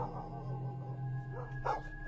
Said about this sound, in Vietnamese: Loáng thoáng đâu đây ở trong làng có tiếng chó cắn ma nhấm nha nhấm nhặng, chĩa sang bên này.